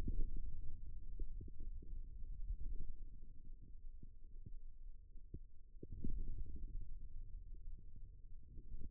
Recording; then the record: forearm muscle sounds (acoustic myography)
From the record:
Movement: ulnar deviation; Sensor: system 2, bracelet of six BSWA MPA416 microphones around the upper forearm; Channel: 1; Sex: male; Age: 22 years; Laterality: right